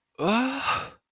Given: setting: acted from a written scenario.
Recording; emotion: vocal sound without words; distress